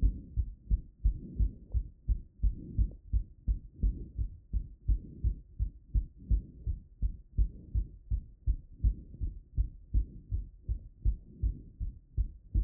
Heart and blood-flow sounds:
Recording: heart sounds by stethoscope after running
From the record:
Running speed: 7 mph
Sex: male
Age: 20 to 29 years

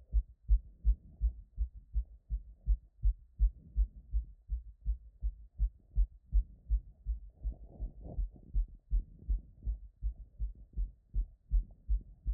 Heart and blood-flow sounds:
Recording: heart sounds by stethoscope after running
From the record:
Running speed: 6 mph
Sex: female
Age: 18 to 19 years

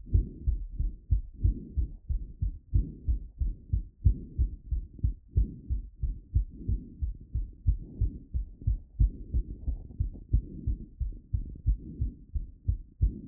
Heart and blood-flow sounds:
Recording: heart sounds by stethoscope after running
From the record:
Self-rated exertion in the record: moderate exertion (3 of 6)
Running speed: 7 mph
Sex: male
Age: 18 years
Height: 175 cm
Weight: 75 kg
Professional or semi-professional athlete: no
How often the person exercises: 3 to 5 times a week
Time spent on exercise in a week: 1 to 2 hours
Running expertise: no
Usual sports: weight training, gym workouts, basketball

